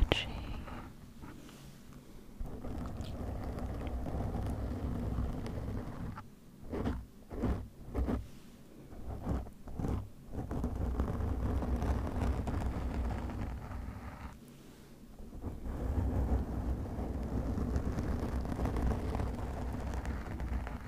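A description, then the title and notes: Scratching and rubbing against a microphone, with shaving foam, makes a dense, rumbling rustle that runs almost without pause. Between about six and ten seconds it breaks into a quick series of sharp, separate scrapes, and a brief quieter gap comes near fifteen seconds. Different Mic Scratching & Rasierschaum.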